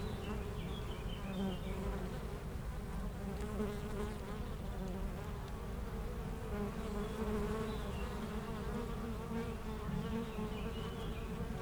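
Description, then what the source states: Honey bees humming continuously in a busy low buzz, with faint bird twitters above at the start and again near the end. Foraging honey bees flying back and forth to flowers between two hives at a garden apiary in Aix-les-Bains, France; some birds in the nearby woods.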